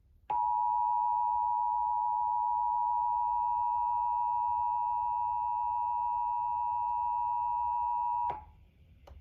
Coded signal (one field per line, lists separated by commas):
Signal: Emergency Alert System (SAME) tones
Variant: 853 and 960 Hz attention tone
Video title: EAS Nuclear Power Plant Warning (7/5/22)